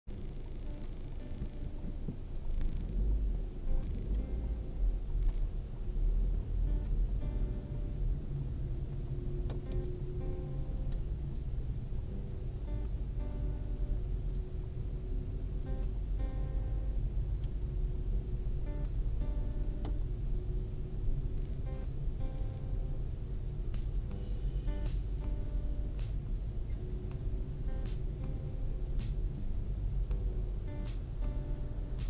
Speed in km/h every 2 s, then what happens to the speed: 0, 3, 8, 12, 14, 12, 10, 10, 11, 13, 14, 13, 12, 13, 13, 11.
0-7 pulls away to 14. 7-32 steady at about 12.